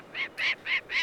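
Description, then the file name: Falcon call made of four rasping, evenly spaced notes in about one second, each short and scratchy. "the kings falcon"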